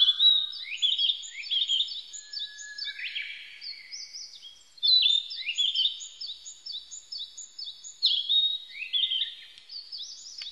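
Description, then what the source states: Narcissus flycatcher song: continuous high chirping and whistled slurs, varied and rapid, with several louder swooping notes. Recorded 25 April 1998.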